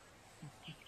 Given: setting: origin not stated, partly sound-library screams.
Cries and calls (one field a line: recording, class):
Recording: one-second piece from a danger detection set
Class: normal situation